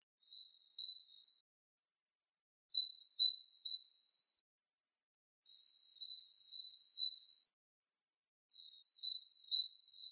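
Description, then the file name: Great tit song: four phrases of repeated high two-note units, a sharp higher note paired with a lower one, separated by short silent gaps. "sinitsa bolshaya"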